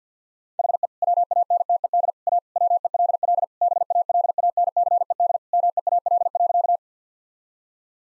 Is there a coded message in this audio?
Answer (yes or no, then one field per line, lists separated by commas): yes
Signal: Morse code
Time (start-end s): 0.6-6.8 s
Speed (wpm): 50 wpm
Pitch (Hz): 700 Hz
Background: none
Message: HE WANTED A WELL BALANCED MEAL.